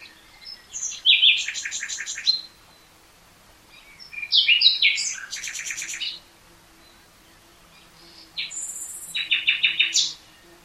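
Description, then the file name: Common nightingale song in three phrases, each of rich repeated notes delivered in fast series, separated by short pauses; a faint steady hum underneath. "Luscinia megarhynchos"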